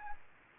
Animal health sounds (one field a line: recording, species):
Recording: mosquito wingbeat signal from an infrared sensor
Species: Aedes albopictus